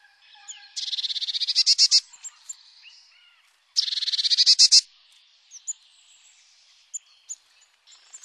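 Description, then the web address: Eurasian blue tit uttering two harsh, buzzy churring rattles that grow louder, each about a second long, with scattered thin high notes between. "Mesange bleue"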